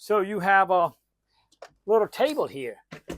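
In a 2012 Monaco Vesta 35PBD motorhome, a small fold-out side table tucked behind the recliner is handled toward its mount while someone talks. Light knocks and taps of handling are heard around 1.5–1.6 s and again near 2.9–3.1 s. The table has not yet locked into place, and nothing has seated or clicked.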